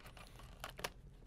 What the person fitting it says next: there we go and it locks into place